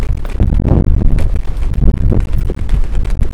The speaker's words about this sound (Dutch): Ja, de wind is ook nog steeds aanwezig. Nou ja, dat is veel wind, zoals je hoort.